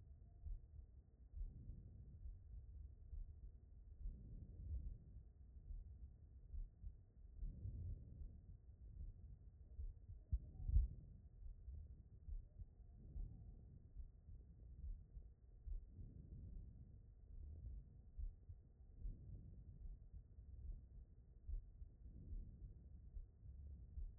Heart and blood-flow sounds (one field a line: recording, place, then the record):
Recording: heart sounds by stethoscope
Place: aortic valve (AV)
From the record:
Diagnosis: non-HFrEF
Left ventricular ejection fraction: 45%